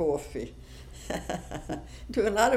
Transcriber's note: she laughs